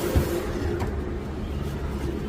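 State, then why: Not seated. An EV charging gun, unplugged from a Tata Sierra.ev, is being handled on its way back into its holster on the charging station. A steady low vehicle-like rumble runs through the clip, with a brief low thump near 0.2 s. Nothing has seated or clicked into the holster yet.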